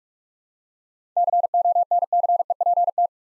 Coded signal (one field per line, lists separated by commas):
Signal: Morse code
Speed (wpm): 47 wpm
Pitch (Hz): 700 Hz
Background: none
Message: CONCEPT